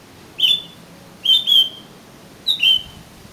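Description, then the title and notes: Oriental magpie-robin song: three short whistled phrases of clear high notes, spaced about a second apart. "suara kacer. kumpulan suara burung kacer"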